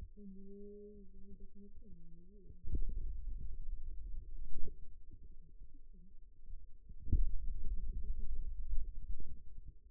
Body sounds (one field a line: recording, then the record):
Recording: forearm muscle sounds (acoustic myography)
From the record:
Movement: finger pinch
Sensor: system 2, bracelet of six BSWA MPA416 microphones around the upper forearm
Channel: 3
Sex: male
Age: 22 years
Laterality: right